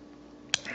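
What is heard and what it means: Two pegged plastic sections at the top of a Transformers Prime RID Voyager Dreadwing transforming figure are pulled apart, the top section coming off its peg joint. After a stretch of quiet, hard-to-separate straining, they release with a single sharp snap at 0.5 s, followed by faint handling noise as the toy parts pop apart.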